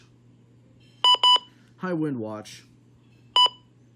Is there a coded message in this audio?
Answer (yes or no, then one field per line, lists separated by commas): no